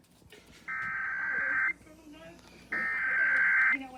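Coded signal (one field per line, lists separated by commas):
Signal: Emergency Alert System (SAME) tones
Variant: header bursts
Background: speech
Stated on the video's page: 2021 national EAS test recorded from local TV and radio broadcasts, with distorted audio toward the end.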